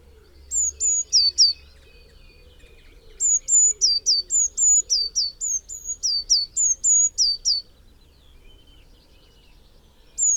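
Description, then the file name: Eurasian Blue Tit giving a brief burst of high notes, then a longer fast series alternating downslurred and flat whistles, and one final note; quiet lower chatter behind. "Cyanistes caeruleus"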